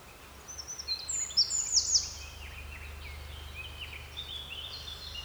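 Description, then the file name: Eurasian wren giving a burst of sharp high notes, followed by fainter thin calls over a low steady hum. "Troglodytes troglodytes"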